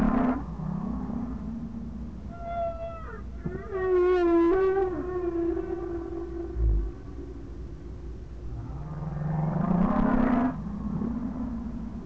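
Whale calls: a wavering tonal phrase, then a loud rich moan, and a later rising cry, over a sustained low drone.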